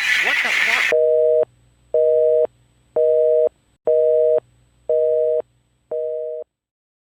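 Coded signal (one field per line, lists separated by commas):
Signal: telephone call progress tone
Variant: North America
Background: speech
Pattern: busy tone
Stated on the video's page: Fictional EAS scenario.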